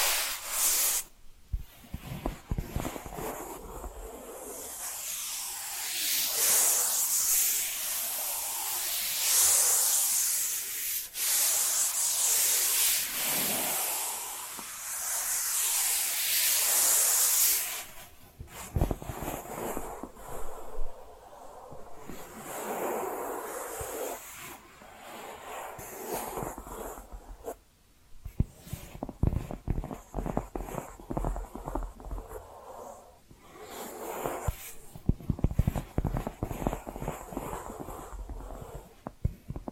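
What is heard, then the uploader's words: Bright scratching fills the first eighteen seconds, a dense, steady rubbing like fingernails on a rough surface. After that it turns sparser and quieter, with quick tapping and lighter scratches in irregular bursts, broken by brief pauses near 28 and 33 seconds. ASMR 10 Hypnotic Tapping & Scratching Sounds for DEEP SLEEP (No Talking).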